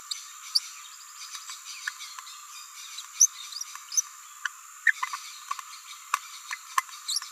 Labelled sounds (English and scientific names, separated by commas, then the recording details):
Green-rumped Parrotlet (Forpus passerinus) babbling
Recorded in a nest box in Venezuela
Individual 18B17A4